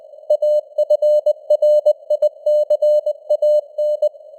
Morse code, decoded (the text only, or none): AFRICAN